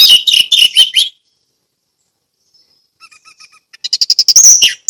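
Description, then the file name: Orange-headed thrush: songbird phrase of loud chattering notes, a long pause, a quiet row of short pure tones, then a new burst of rapid loud chips and whistles. Song delivered in the ngeplong style. "anis merah ngeplong"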